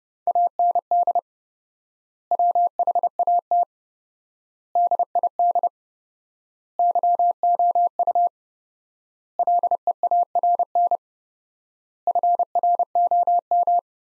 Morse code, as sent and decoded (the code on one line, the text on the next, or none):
.- -. -.. / .-- .... .- - / -.. .. -.. / -.-- --- ..- / .-.. . .- .-. -. / ..-. .-. --- --
AND WHAT DID YOU LEARN FROM